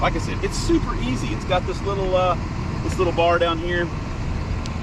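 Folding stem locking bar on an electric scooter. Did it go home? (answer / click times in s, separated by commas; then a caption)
yes / 4.7 s. Someone talks over a steady low rumble while the small bar at the base of an electric scooter's folding stem is worked. At 4.7 s a sharp click sounds as the bar locks the stem upright, seating it in place.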